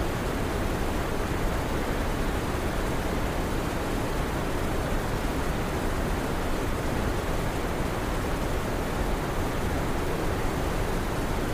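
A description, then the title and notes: White noise plays as a constant, even hiss with no breaks or events for the whole twelve seconds. It is dense and unchanging in level, fuller in the low end than pure static, with a soft rushing quality like steady wind or falling water. Sleep Sounds For Baby White Noise.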